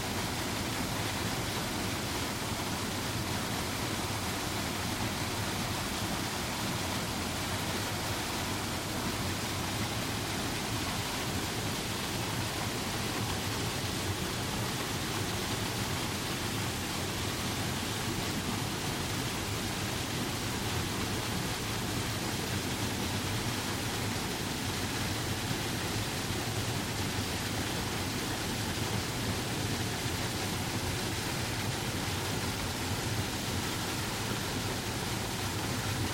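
A waterfall roars without pause, a dense, even rush of falling water spread from a low rumble up through bright hiss. The sound holds steady across the whole stretch, with no separate events standing out from the wash.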